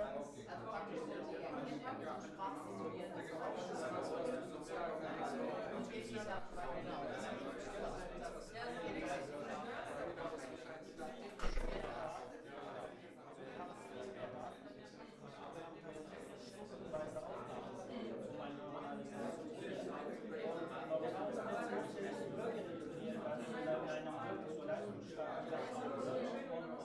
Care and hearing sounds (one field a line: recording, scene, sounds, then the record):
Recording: everyday scene through a hearing-aid microphone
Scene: many people talking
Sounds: many voices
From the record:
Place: bistro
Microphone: behind the ear, right, rear